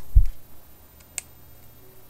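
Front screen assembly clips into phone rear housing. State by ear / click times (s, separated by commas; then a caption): seated / 1.2 s. The front screen assembly of an iPhone 3G is pressed into its plastic rear housing. After a soft low thump near the start, a single sharp click rings out at 1.2 s. The clips engage and the phone is snapped shut and closed.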